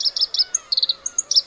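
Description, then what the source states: Black-browed reed warbler song: fast, harsh, buzzy notes in quick chattering bursts, with some higher squeaky notes mixed in. Teuri Island, Hokkaido.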